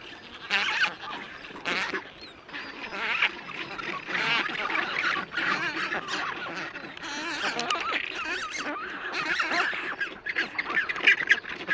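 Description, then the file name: Black-browed albatross colony calls: harsh, overlapping squawks and nasal braying notes from several birds, rising and falling in bursts throughout. "Canto do albatroz de sobrancelha"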